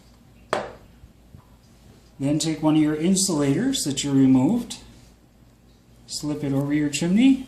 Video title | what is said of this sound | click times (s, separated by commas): LESSON ONE PROTANK HEAD REBUILD | and the chimney just snaps right in there | 0.5 s